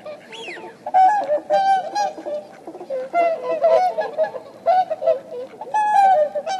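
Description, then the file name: Swan honking calls, several birds calling together in loud nasal bursts with rich overtones, overlapping and repeated throughout. "kamo swan"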